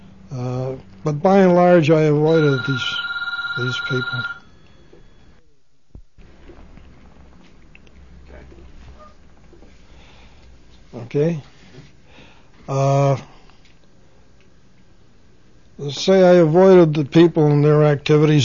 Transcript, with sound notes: But by and large I avoided those people. ( a telephone rings )
Okay.
Okay? So I avoided the people and their activities.